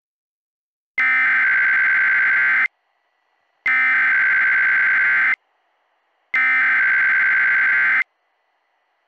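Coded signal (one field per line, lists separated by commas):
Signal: Emergency Alert System (SAME) tones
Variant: header bursts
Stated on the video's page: Fictional EAS scenario using valid SAME headers.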